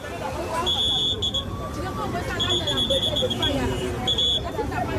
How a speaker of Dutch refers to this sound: Ik denk aan het vele getoeter en gefluit dat jij wel een beetje kan indenken hoe die verkeerssituatie er dan uitziet. Heel langzaam kruipt hij door de menigte. Heel hectisch, inderdaad.